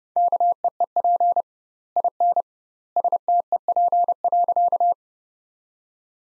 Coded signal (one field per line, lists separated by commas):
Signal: Morse code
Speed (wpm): 30 wpm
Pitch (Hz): 700 Hz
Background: none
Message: KEEP IN STEP.